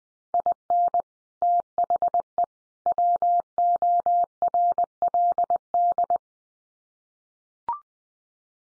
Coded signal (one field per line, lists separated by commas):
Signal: Morse code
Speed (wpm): 20 wpm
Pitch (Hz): 700 Hz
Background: none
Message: IN THE WORLD